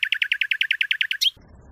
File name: kicauan nightingale. omkicau